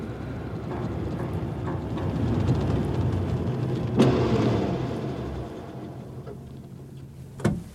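A car engine rumbles steadily and swells slightly as the car slows to pull up at the vegetable market in Covent Garden, then settles, with a couple of sharp clicks or thuds near the end as it comes to a stop.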